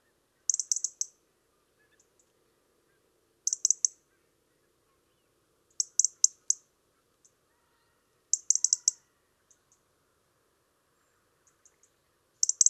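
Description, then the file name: European robin giving short, sharp, very high ticking calls in tight bursts of several, repeated every few seconds over quiet background. "Erithacus rubecula"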